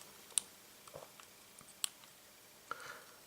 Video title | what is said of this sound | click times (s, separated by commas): Kyocera Brigadier: Repair and Review | You want to make sure it is clicked in. There we go. | 0.4 s, 1.8 s